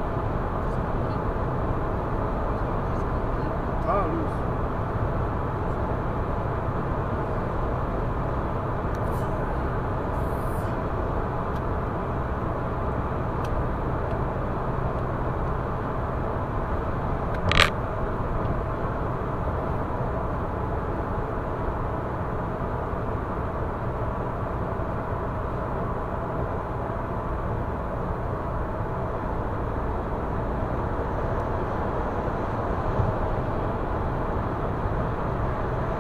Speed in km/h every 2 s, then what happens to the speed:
115, 115, 115, 115, 115, 115, 116, 116, 116, 115, 110, 109, 106, 104, 105, 109, 113, 114.
0-17 steady at about 115. 17-26 slows to 104. 26-36 speeds up to 114.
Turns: none.